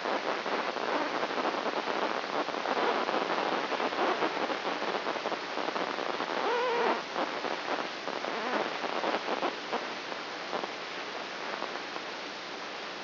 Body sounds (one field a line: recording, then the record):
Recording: brain microelectrode recording played as sound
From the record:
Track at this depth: outside the subthalamic nucleus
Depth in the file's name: 1.406 mm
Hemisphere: right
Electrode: 2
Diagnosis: Parkinson's disease